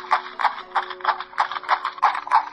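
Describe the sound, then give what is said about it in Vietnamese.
A horse ridden forward by a rider gallops in a quick, steady rhythm, each beat a sharp clop repeating about every third of a second, with a faint low hum running beneath. “bỗng nhiên ánh mắt chăm chú bất thình lình xoay người lên ngựa, cưỡi ngựa chạy về phía trước.”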